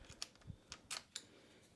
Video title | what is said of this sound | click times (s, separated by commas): Mihogo RX2 4 Unboxing and Assembly Video ebike mihogo | believe it locks in place | 0.2 s, 1.2 s